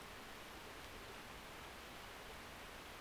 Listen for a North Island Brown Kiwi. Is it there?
no